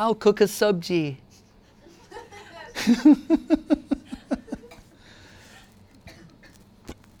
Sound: laughter